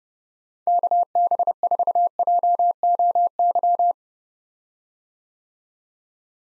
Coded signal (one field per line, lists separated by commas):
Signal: Morse code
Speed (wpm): 31 wpm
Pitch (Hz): 700 Hz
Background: none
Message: KB4JOY